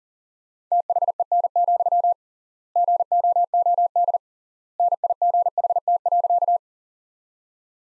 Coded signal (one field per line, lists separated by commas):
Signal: Morse code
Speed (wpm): 40 wpm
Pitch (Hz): 700 Hz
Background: none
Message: THEN, GOOD NIGHT.